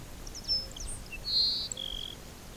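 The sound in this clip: Grassland sparrow song: thin, very high notes and short slurs, then a strong buzzy note and a softer, lower trailing buzz against a light hissing background.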